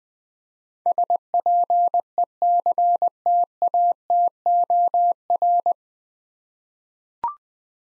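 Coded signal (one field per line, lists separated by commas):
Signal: Morse code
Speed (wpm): 21 wpm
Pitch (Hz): 700 Hz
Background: none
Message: SPECTATOR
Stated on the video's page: Morse practice drill at 20wpm of nine-letter words for head-copy, each word sent twice.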